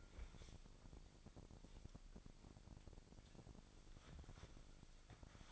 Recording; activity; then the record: daily activity, microphone in the room; wipe stove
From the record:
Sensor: 5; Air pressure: 1001.7 hPa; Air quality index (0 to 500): 174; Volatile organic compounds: 10 ppm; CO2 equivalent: 2224 ppm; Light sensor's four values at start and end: 22/77/29/30 and 23/80/30/31